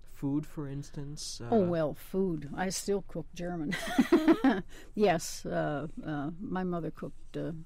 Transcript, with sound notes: Food for instance?
Oh well, food. I still cook German. [Laughs] Yes, my mother cooked